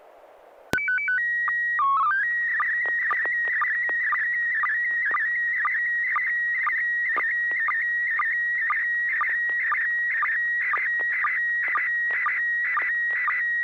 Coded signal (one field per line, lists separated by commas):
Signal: SSTV (slow-scan television)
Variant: PD 120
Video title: N6NA SSTV Net - 12/30/2020 - ARISS Event